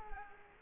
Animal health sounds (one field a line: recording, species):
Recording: mosquito wingbeat signal from an infrared sensor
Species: Culex quinquefasciatus